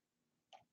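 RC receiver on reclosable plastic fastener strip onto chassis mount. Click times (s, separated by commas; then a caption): 0.5 s. An RC receiver backed with a reclosable mushroom-head plastic fastener strip, a Velcro-like alternative, is pressed down onto the matching strip on a chassis mount. A single sharp snap at 0.5 s stands out against faint background noise, with energy concentrated near 700 Hz and 3 kHz. The receiver seats and the fastener locks together.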